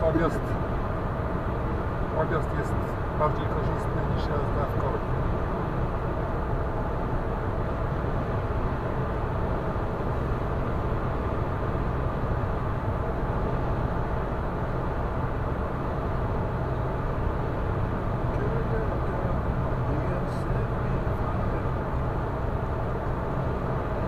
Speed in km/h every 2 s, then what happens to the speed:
115, 116, 116, 116, 116, 116, 116, 116, 116, 116, 116, 116.
0-24 steady at about 116.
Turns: none.